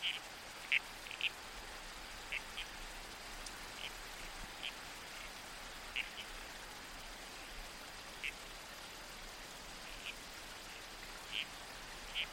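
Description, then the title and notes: Red-crowned toadlet calling with clipped rasping notes every second or two, backed by babbling water and soft wind noise. Night soundscape in the bush with a babbling creek and trees swaying in the wind. "Soundscape - Red-Crowned Toadlet. the babbling creek. the whispered sway of trees in the wind. the murmurs of the bush. Nocturnal Worlds. Australian Museum"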